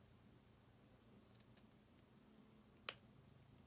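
Lance spear pieces of an HG Guel's Dilanza plastic model kit are lined up in the correct direction and pressed into their mating piece over a low steady hum, with faint ticks near 1.6 s and 3.6 s. A single sharp, bright snap at 2.9 s marks the part seating home.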